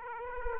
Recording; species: mosquito wingbeat signal from an infrared sensor; Aedes aegypti